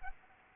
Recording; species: mosquito wingbeat signal from an infrared sensor; Anopheles arabiensis